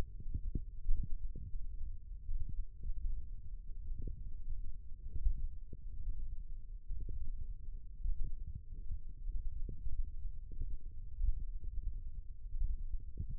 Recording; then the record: forearm muscle sounds (acoustic myography)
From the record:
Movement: thumb flexion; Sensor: system 1, eight BSWA MPA416 microphones around the upper forearm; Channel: 3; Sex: female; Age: 21 years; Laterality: right